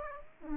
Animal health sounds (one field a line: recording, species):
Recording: mosquito wingbeat signal from an infrared sensor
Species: Aedes aegypti